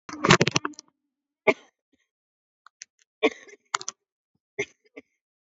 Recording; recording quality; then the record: heavy voluntary cough; excellent, no background noise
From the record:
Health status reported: COVID-19 positive, mild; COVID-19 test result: positive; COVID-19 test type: RT-PCR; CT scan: taken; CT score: 4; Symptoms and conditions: muscle pain, diabetes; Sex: female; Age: 59 years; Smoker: no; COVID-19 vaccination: both doses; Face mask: worn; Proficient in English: yes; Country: India